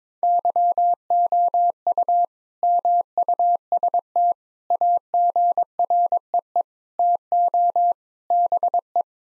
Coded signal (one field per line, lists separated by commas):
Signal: Morse code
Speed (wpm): 22 wpm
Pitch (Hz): 700 Hz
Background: none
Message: YOU MUST AGREE TO BE